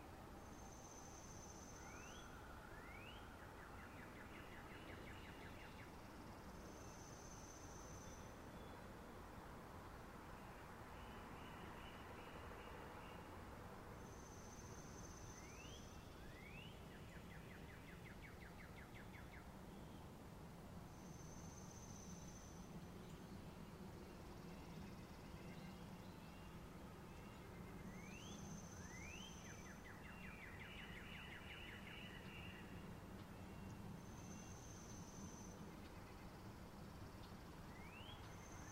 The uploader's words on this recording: Sounds of Nature: A Green Forest in Spring. An aural exploration of a lush green forest in spring, from morning until night. There will be wind, birds, and the rustling of leaves and trees.